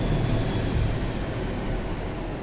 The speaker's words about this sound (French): on va laisser passer l'avion.